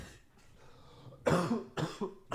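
After a quiet moment, an adult man gives a short run of about three harsh, forceful coughs in quick succession, the first loudest, heard indoors in a small room. It is a plain, fairly dry-sounding cough with no wheeze or stridor between bursts. He has been coughing repeatedly.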